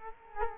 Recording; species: mosquito wingbeat signal from an infrared sensor; Culex quinquefasciatus